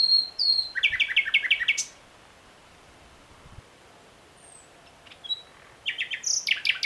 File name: Luscinia megarhynchos